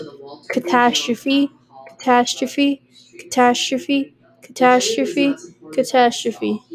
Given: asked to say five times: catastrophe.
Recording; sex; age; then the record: repeated word; female; 20 to 29 years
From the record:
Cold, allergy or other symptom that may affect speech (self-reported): no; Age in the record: 21 years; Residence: Connecticut, United States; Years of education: 15